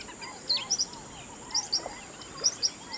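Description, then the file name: Bird chirps: very high, thin notes in quick pairs repeated about every second, over soft lower calls. "Natural Sample Makers - Relaxing Birdsong"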